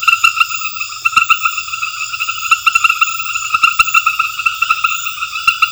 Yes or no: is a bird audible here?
no